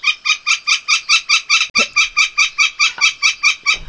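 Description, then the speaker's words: Northern Flicker long call: a rapid, steady series of loud notes running throughout. Long call; its pace runs slower or faster depending on the bird's psychological state. "This is what biologists call the long call."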